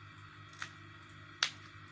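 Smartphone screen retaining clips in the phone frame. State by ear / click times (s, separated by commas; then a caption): released / 0.6 s, 1.4 s. Plastic retaining clips holding a Samsung M11 smartphone screen assembly in the phone frame pop open as the screen is pried off. Two sharp pops are heard at 0.6 s and 1.4 s, the second much louder, over a low steady hum. The clips release.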